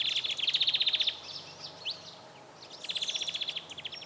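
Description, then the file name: European greenfinch trilling: a rapid rattle of even repeated notes for about a second, a few scattered twitters, then a second rattling trill; low hum underneath. "Chloris chloris"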